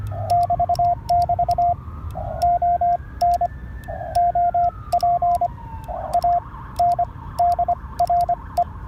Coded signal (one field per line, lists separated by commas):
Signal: Morse code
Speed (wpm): 24 wpm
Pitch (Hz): 700 Hz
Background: radio noise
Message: <BT><BT> ON OP ANDRE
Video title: Morse Code contact with LZ3FA - Subtitles